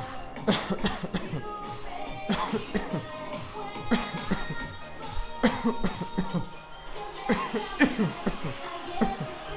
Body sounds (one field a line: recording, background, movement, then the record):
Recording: voluntary coughing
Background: music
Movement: walking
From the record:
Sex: male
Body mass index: 20.5 kg/m2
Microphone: on the chest, facing outward